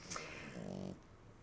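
A brief, low, fluttering snort-snore from a new flat-faced puppy dozing in its owner's lap. The puppy snores because its flattened face gives it a shortened airway, which makes its breathing noisy.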